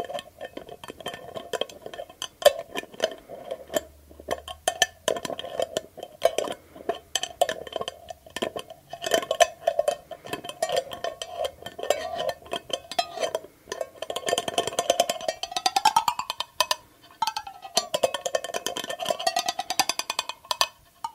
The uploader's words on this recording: ASMR 30 Mins of Glass Dropper Bottle & Lid Sounds for Tingles - tapping, no talking.